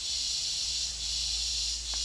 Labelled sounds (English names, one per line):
none